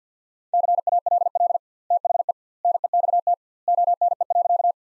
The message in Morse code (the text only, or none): CALL THE NEXT ONE.